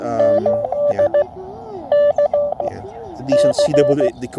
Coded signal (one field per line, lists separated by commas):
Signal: Morse code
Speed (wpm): 16 wpm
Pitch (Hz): 580 Hz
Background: speech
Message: NS D C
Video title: Deploying my portable HF go-kit with the USDR+, QRPguys EFHW